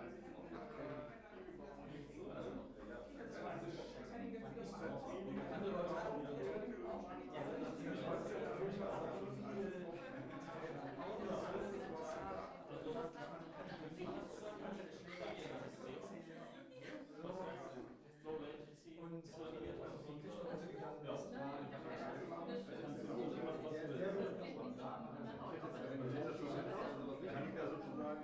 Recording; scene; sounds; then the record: everyday scene through a hearing-aid microphone; many people talking; many voices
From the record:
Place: bistro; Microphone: behind the ear, right, rear